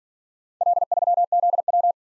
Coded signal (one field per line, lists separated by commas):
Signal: Morse code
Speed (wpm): 47 wpm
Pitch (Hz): 700 Hz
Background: none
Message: L3ZW